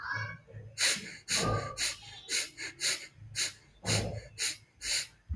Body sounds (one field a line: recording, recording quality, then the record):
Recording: shallow breathing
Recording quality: excellent, no background noise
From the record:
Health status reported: healthy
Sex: male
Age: 39 years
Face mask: not worn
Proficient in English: yes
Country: India